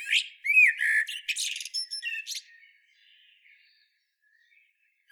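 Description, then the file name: Common blackbird giving a short song phrase: looping whistles mixed with harsh, high twittery notes, then near silence. "Turdus merula"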